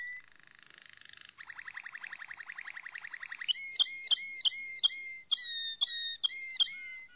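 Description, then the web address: Malinois canary song: a fast buzzy trill running about two seconds, then a series of clear whistled notes falling in pitch, repeated roughly every half second. "~joaopt canarios racas canto malinois"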